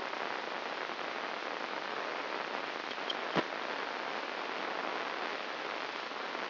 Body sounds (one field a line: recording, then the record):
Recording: brain microelectrode recording played as sound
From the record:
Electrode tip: inside the subthalamic nucleus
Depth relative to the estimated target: 0 mm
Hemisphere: left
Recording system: AlphaMap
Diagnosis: Parkinson's disease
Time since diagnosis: 24 years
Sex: female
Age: 57 years